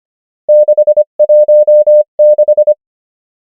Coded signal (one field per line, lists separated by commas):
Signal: Morse code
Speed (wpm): 25 wpm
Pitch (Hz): 600 Hz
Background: none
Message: 6 1 6